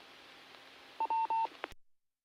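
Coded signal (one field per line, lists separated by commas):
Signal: none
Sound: repeater courtesy tone beeps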